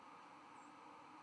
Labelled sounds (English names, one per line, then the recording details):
White-throated Sparrow flight call
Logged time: 04:13 on 11 November 2014